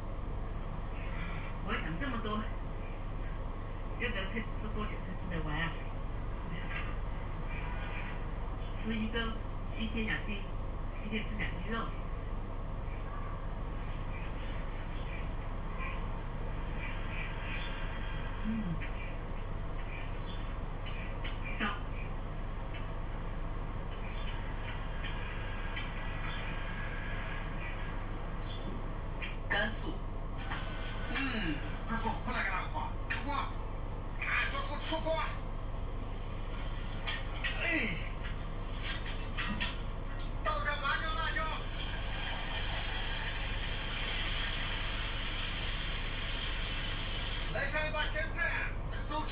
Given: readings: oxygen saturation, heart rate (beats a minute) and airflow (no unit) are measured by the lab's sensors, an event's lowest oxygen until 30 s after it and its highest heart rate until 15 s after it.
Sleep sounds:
a person awake in a sleep study, by a smartphone at the bedside; none
0.00-49.32 s: awake
From the record:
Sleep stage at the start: awake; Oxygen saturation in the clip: 93%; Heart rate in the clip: 63 to 71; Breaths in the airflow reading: 15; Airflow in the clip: -4.9 to 4.8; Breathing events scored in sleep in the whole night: 476 in 9.7 hours asleep

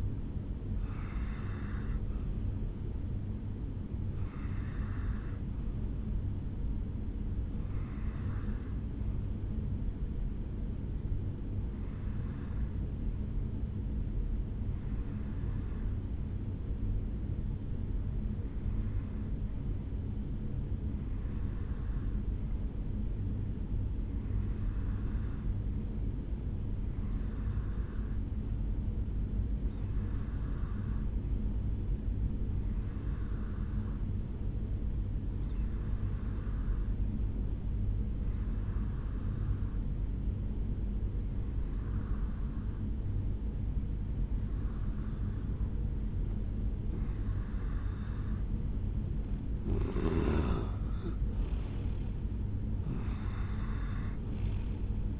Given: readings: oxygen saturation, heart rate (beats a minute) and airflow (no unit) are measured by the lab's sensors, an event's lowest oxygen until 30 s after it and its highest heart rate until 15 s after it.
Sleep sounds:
breathing in sleep by a smartphone at the bedside; 1
21.00-47.80 s: hypopnea (N2, oxygen 97% highest, then 89% lowest, heart rate 66 at the start, 76 highest)
21.00-55.20 s: new sleep stage, N2 (light sleep)
From the record:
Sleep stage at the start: N1 (lightest sleep); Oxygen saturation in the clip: 88 to 97%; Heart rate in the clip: 50 to 76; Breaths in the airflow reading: 15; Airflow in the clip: -6.7 to 4.9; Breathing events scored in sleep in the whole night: 449 in 7.0 hours asleep

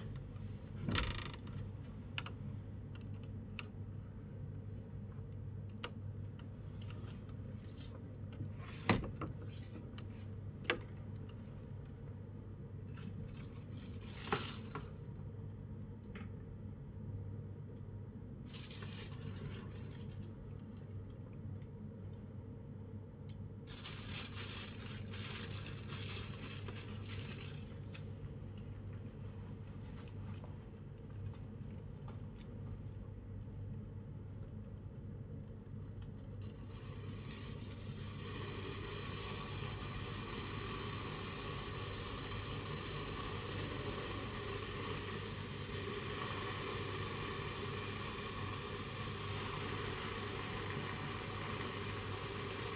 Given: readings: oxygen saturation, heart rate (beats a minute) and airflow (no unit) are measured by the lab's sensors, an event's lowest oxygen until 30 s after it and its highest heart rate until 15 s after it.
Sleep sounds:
a person awake in a sleep study, by a smartphone at the bedside; none
0.00-52.76 s: awake
From the record:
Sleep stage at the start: awake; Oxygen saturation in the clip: 95 to 97%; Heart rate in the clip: 44 to 93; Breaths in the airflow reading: 14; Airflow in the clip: -7.8 to 10.0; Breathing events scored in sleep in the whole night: 182 in 7.4 hours asleep

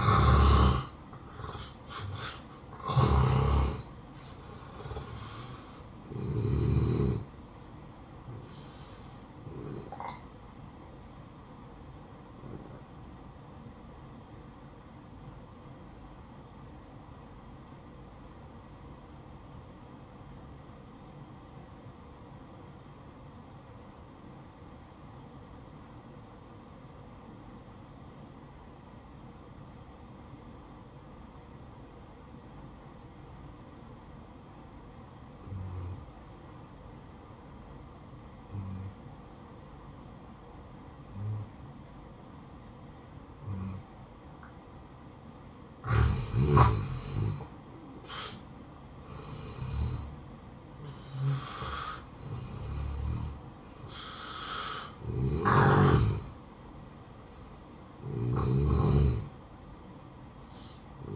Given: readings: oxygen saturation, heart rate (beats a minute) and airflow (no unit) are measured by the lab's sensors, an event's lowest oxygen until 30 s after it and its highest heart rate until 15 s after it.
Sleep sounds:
breathing in sleep by a smartphone at the bedside; 1
12.00-47.00 s: obstructive apnea (N2, oxygen 95% highest, then 84% lowest, heart rate 63 at the start, 74 highest)
38.00-61.16 s: new sleep stage, N1 (lightest sleep)
From the record:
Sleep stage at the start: N2 (light sleep); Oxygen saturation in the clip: 85 to 95%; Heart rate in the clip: 62 to 74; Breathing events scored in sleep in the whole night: 573 in 9.8 hours asleep

